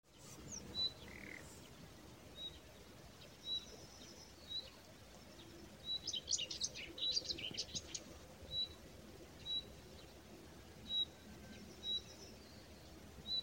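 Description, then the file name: Common nightingale calls: short high whistled notes repeated about once a second, broken midway by a brief burst of rapid higher notes, over a low steady background hum. "Luscinia megarhynchos"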